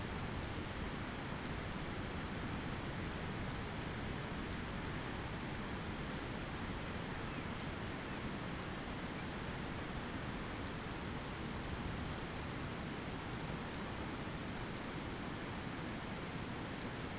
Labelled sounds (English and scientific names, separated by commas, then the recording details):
Long-tailed Jaeger (Stercorarius longicaudus)
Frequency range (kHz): Long-tailed Jaeger (Stercorarius longicaudus) 1.6-3.3 kHz
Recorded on Arctic tundra, site ZACK-1, on 15 June 2019
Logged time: 21:49